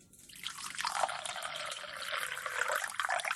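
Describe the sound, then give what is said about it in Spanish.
A steady stream of water pours for a few seconds to make coffee, a bright, hissing splash that holds at an even level and swells slightly near the end. No one speaks. “Agua.”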